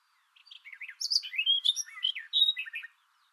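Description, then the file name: Barred warbler song, a brisk run of chattering and slurred notes, some buzzy, some clearer, lasting about two and a half seconds. "karvalyposzata hangja"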